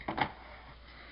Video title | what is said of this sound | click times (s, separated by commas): Transformers Earthrise Fasttrack | but it should snap into place | 0.2 s